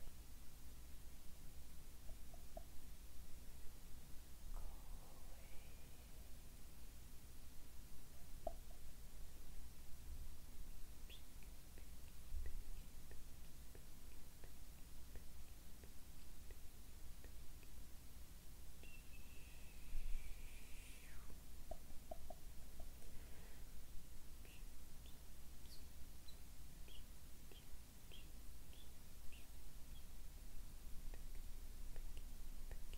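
Quiet hand movements and soft mouth sounds over a steady low hum and faint hiss. Small clicks, pops and brief rustles come every few seconds, with a short brighter sweep near twenty seconds and scattered light ticks toward the end.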